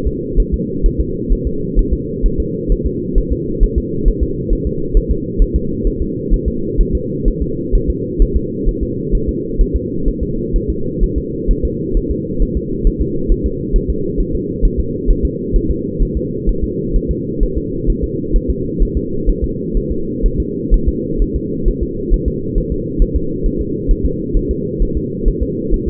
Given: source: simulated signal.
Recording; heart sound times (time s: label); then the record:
fetal heart sounds
0.07 s: S2
0.40 s: S1
0.54 s: S2
0.86 s: S1
1.00 s: S2
1.32 s: S1
1.47 s: S2
1.79 s: S1
1.93 s: S2
2.26 s: S1
2.40 s: S2
2.72 s: S1
2.86 s: S2
3.18 s: S1
3.32 s: S2
3.63 s: S1
3.78 s: S2
4.08 s: S1
4.23 s: S2
4.53 s: S1
4.67 s: S2
4.97 s: S1
5.11 s: S2
5.42 s: S1
5.56 s: S2
5.87 s: S1
6.02 s: S2
6.34 s: S1
6.48 s: S2
6.81 s: S1
6.95 s: S2
7.28 s: S1
7.42 s: S2
7.75 s: S1
7.90 s: S2
8.22 s: S1
8.37 s: S2
8.69 s: S1
8.83 s: S2
9.15 s: S1
9.29 s: S2
9.61 s: S1
9.76 s: S2
10.08 s: S1
10.23 s: S2
10.56 s: S1
10.70 s: S2
11.03 s: S1
11.18 s: S2
11.51 s: S1
11.65 s: S2
11.97 s: S1
12.11 s: S2
12.42 s: S1
12.57 s: S2
12.87 s: S1
13.01 s: S2
13.31 s: S1
13.46 s: S2
13.76 s: S1
13.90 s: S2
14.20 s: S1
14.35 s: S2
14.65 s: S1
14.80 s: S2
15.10 s: S1
15.25 s: S2
15.56 s: S1
15.70 s: S2
16.03 s: S1
16.17 s: S2
16.49 s: S1
16.64 s: S2
16.96 s: S1
17.11 s: S2
17.43 s: S1
17.57 s: S2
17.90 s: S1
18.04 s: S2
18.36 s: S1
18.50 s: S2
18.82 s: S1
18.97 s: S2
19.29 s: S1
19.44 s: S2
19.77 s: S1
19.92 s: S2
20.26 s: S1
20.40 s: S2
20.74 s: S1
20.88 s: S2
21.22 s: S1
21.36 s: S2
21.68 s: S1
21.83 s: S2
22.13 s: S1
22.28 s: S2
22.58 s: S1
22.72 s: S2
23.02 s: S1
23.16 s: S2
23.46 s: S1
23.61 s: S2
23.91 s: S1
24.06 s: S2
24.37 s: S1
24.51 s: S2
24.82 s: S1
24.97 s: S2
25.28 s: S1
25.43 s: S2
25.74 s: S1
25.88 s: S2
From the record:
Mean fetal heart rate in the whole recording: 130 bpm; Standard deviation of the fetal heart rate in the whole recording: 4 bpm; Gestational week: 38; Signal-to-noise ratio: -6.6 dB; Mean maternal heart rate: 72 bpm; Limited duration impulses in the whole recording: present